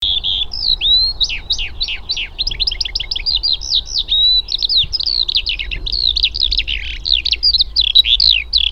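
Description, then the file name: Eurasian skylark singing a long, hurried warble of varied twittering notes and short rolling trills without pause, over faint low background noise. "alauda arvensis"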